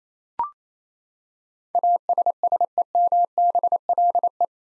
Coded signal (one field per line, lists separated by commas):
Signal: Morse code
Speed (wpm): 28 wpm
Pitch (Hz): 700 Hz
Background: none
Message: ASSEMBLE